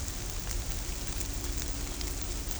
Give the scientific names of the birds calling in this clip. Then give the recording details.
none. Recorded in shrubland near Pivijay, Magdalena, Colombia, on 1 June 2023 at 17:30. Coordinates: 10.453, -74.365. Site P5-G022